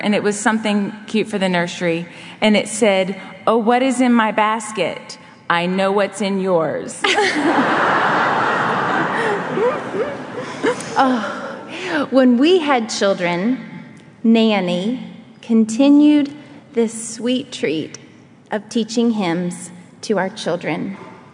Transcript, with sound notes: It was something cute for the nursery. And it said, “Oh, what is in my basket? I know what’s in yours.” (laughter)
When we had children, Nanny continued this sweet treat of teaching hymns to our children.